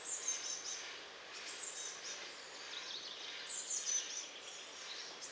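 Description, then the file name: Eurasian blue tit giving two high, thin, slurred calls trailing into soft churring notes. "Cyanistes caeruleus"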